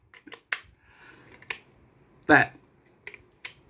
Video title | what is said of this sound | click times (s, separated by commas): Golden Gun - Heritage Rough Rider 22LR First Impressions Review | man doesn't even like going back in you heard that snap | 0.5 s